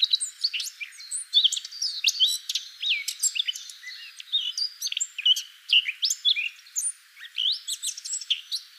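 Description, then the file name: Eurasian blackcap song, a steady chatter of bright chirps and short slurred whistles with a brief quieter gap around seven seconds before the warbling resumes. "Sylvia atricapilla"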